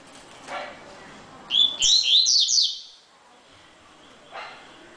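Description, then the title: Double-collared seedeater giving one quick phrase of high, slurred whistles lasting about a second and a half, with faint background noise before and after. "Canto Coleiro"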